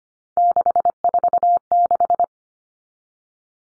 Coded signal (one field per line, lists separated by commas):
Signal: Morse code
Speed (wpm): 25 wpm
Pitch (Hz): 700 Hz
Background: none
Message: 646